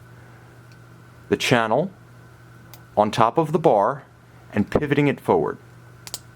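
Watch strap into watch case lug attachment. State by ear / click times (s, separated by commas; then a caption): seated / 6.1 s. Someone talks while a strap is refitted to the case of an IWC Aquatimer Automatic 2000 Edition "35 Years Ocean 2000" IW3291-01 watch, with the strap's channel placed on the lug bar and pivoted forward. Two sharp clicks at 6.1 s and 6.1 s mark the quick-release latch catching, and the strap is now secure.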